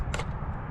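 A drone mount is pushed onto a handlebar camera mount, and a sharp click sounds at 0.1 s. The mount has clicked only partway and is not fully seated yet; it still needs one more push.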